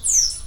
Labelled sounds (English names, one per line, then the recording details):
Stitchbird song
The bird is a male
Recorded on Tiritiri Matangi Island, New Zealand, in 2005
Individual 7, of nest box 9